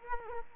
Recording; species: mosquito wingbeat signal from an infrared sensor; Culex quinquefasciatus